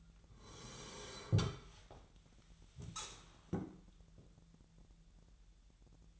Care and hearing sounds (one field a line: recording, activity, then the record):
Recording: daily activity, microphone in the room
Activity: sit down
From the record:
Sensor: 3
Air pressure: 1001.6 hPa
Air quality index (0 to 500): 247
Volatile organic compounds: 139 ppm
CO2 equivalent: 3972 ppm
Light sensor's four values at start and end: 12/28/12/12 and 12/27/12/12